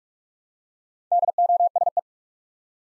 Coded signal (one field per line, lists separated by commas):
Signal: Morse code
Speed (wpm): 44 wpm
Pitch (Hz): 700 Hz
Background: none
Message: DOSE